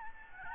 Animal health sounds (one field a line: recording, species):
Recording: mosquito wingbeat signal from an infrared sensor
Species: Aedes albopictus